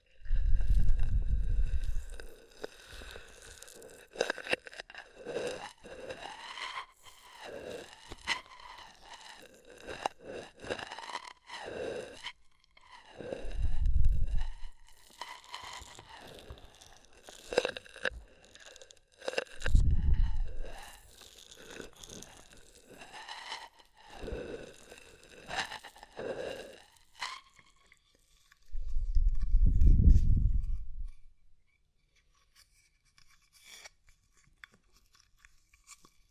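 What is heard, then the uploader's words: An ear massage with oil and foam: wet, squishy rubbing and crackly, crunching foam sounds with a wavering, whooshing quality. Deep muffled rumbles swell at the start and around 14, 20 and 30 seconds. The last few seconds go nearly silent. ASMR Oil, Foam and Tingly Ear Massage.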